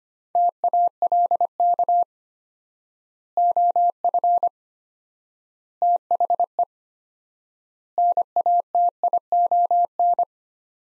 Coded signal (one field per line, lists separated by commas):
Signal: Morse code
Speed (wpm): 25 wpm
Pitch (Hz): 700 Hz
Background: none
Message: TALK OF THE NATION